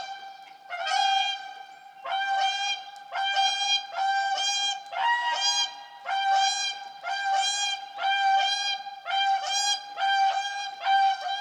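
Whooper swan honking calls: loud, trumpeting, nasal honks repeated about once a second throughout.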